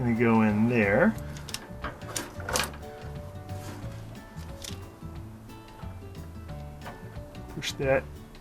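A motor wire harness connector is being handled by hand at the motor control unit of a front-load washer, with short plastic handling knocks around 1.5, 2.2, 2.5 and 4.7 seconds while someone talks over background music. Nothing has seated or clicked into place yet.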